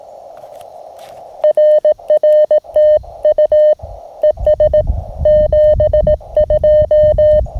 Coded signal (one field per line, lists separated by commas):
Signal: Morse code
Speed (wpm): 18 wpm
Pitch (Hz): 590 Hz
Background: none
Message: RR TU ES 72